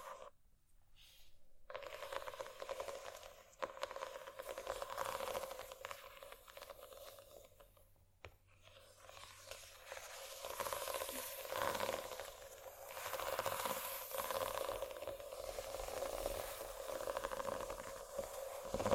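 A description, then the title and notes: Scratching sounds run through nearly the whole stretch, a dense, rasping texture that swells and fades in uneven strokes. A short quiet gap falls near the start and another around eight seconds, and the scratching grows louder and brighter after about ten seconds. ASMR Scratching.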